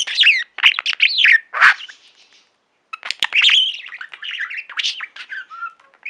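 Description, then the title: Budgerigar chattering in loud, scratchy bursts of chirps and squawks, a brief silence, then more rapid warbling. "Budgie Sounds"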